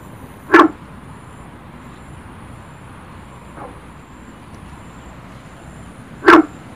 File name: sylvirana guentheri